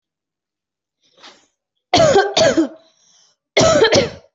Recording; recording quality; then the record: heavy voluntary cough; excellent, no background noise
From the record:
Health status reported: recovered from COVID-19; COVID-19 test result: positive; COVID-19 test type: RT-PCR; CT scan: not taken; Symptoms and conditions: cough, cold, fever, loss of smell and taste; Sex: female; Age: 36 years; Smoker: no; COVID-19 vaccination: both doses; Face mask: worn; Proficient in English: yes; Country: India